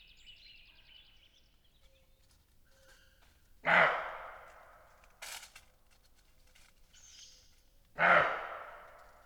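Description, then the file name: Roe deer giving two harsh, rough barks about four seconds apart, each loud and abrupt. "Chevreuil"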